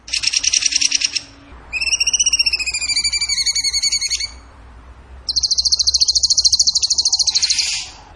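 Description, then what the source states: Bird song with varied trills: a buzzy trill, then repeated notes that fall slightly in pitch, then a long, high steady rattling trill. Masteran (training recording) for songbirds in the tembakan gacor style.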